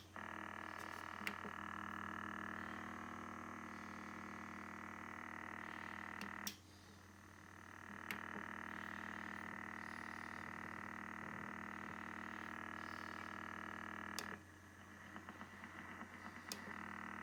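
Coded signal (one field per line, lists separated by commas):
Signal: radar signal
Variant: Russian Woodpecker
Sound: fast steady rapping buzz across the band, like a rattling frog croak, partly suppressed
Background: radio static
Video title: New Russian Woodpecker silenced by the Yaesu FTDX101-MP receiver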